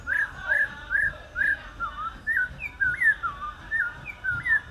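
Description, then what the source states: African Thrush singing clear fluting phrases of rising and falling slurs at varied pitch, against a soft low background hum. Nkolmbong-Nord neighbourhood, Émana, Yaoundé, Cameroon; 2 December 2023, 5:03 p.m.; recorded on iPhone 7, amplified afterwards.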